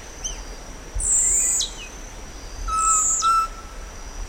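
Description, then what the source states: Yellow-rumped cacique song imitating another bird: two very high, drawn-out whistles that drop sharply at the end, the second with a lower steady whistled note beneath it. Imitating least pygmy owl (Glaucidium minutissimum); Itacaré, Bahia, Brazil; 7 June 2006.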